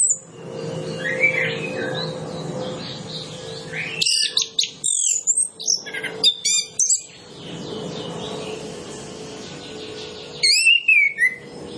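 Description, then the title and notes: Orange-headed Thrush song of fast, varied high twitters and slurred whistles in bursts, over a steady low hum throughout. Lure recording played to prompt Orange-headed Thrushes to sing quickly and fully; full song with 'isian', fill-in phrases. "Masteran Anis Kembang Full Isian Untuk Suara Pancingan Anis Kembang Agar Cepat Ngeplong. Suara Burung Anis Kembang"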